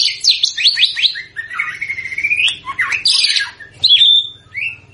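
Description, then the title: White-rumped shama song, a rich varied phrase of quick whistled downslurs, a long rising glide and sharp high notes, with a faint low hum beneath. Lure played to make the bird respond; singing energetically (gacor). "PANCINGAN MURAI BATU GACOR"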